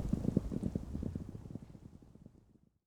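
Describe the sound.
Horse galloping, a quick run of rhythmic low thudding hoofbeats that steadily fade away over about two and a half seconds.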